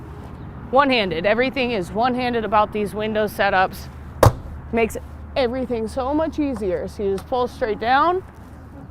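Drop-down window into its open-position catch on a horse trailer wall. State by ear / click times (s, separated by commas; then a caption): not seated / none. Someone talks while pulling the heavy-duty drop-down head-side window of a 2022 Logan Coach Bullseye 3 Horse Gooseneck trailer straight down one-handed toward its open-position holding catch on the trailer wall, so it won't flap against the trailer while driving. A brief sharp knock sounds near 4.3 seconds, but the window has not yet seated or clicked into its catch by the end of the clip.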